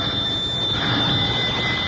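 An old-fashioned doorbell rings without pause for about two seconds, a loud, steady, rattling metallic jangle with a shrill high tone running through it. Nobody speaks.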